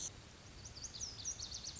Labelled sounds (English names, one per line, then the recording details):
Lazuli Bunting
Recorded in Sonoma County, California